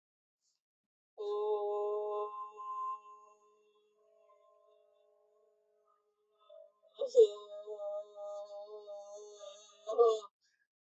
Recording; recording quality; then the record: sustained vowel as in boot; excellent, no background noise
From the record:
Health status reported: healthy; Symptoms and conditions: none ticked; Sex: female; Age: 33 years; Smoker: not ticked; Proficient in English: yes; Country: India